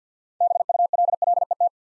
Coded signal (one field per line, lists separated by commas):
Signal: Morse code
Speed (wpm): 50 wpm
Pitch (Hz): 700 Hz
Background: none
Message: BULLET